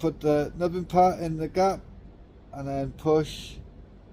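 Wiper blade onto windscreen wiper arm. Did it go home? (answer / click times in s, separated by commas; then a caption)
no / none. A new windscreen wiper blade is being fitted to the wiper arm of a 2005 Peugeot 307 SW, with its nubbin placed in the gap before the blade is pushed in until it clicks. Someone talks throughout, with a brief soft hiss near the end. Nothing has seated or clicked yet.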